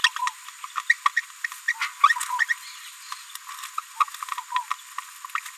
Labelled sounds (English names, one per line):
Green-rumped Parrotlet babbling